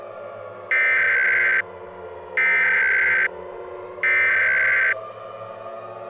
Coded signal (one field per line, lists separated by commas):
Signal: Emergency Alert System (SAME) tones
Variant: header bursts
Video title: Texas EAS Alarm (MOCK)